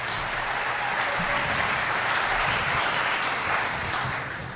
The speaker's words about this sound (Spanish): Mientras la gente aplaude